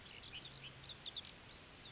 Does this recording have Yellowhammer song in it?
no